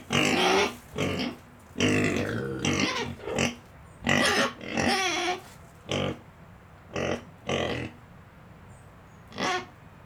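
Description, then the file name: Domestic pig breathing in strong, raspy snorts and huffs, closely spaced at first and then more widely spaced toward the end. Several pigs breathing, with a cricket far away. "Porcos respiracao com grilo longe"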